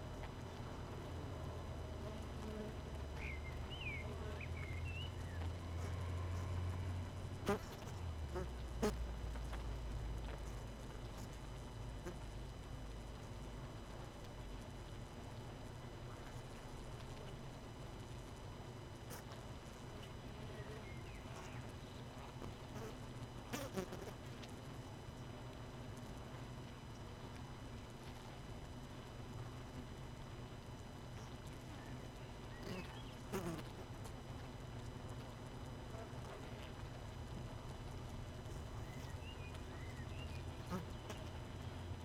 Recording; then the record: honeybee colony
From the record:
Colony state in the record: missing queen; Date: 31 May 2018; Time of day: 18:51